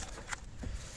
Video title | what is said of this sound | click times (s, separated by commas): TUTO GROSSE REVISION HUILE BOUGIE FILTRES A AIR ESSENCE MOTEUR AUDI VW 2.0 TFSI (GOLF A3 A4 A5 TT) | simplement tac pareil tu dois entendre que ça clipse comme quand tu as démonté | 0.3 s